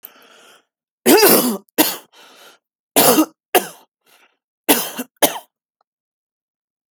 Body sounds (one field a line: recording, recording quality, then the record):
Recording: heavy voluntary cough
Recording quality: excellent, no background noise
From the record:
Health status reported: healthy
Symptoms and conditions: none ticked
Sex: male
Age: 28 years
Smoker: not ticked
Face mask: not worn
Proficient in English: yes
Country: United States